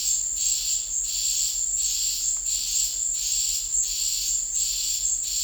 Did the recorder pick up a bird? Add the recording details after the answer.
no. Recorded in dense forest near Puerto Asís, Putumayo, Colombia, on 26 December 2024 at 14:30. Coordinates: 0.484, -76.325. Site G056